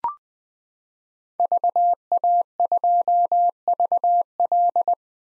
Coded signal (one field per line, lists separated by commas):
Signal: Morse code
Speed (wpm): 20 wpm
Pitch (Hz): 700 Hz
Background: none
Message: VA2VL